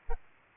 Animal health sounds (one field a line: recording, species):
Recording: mosquito wingbeat signal from an infrared sensor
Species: Aedes albopictus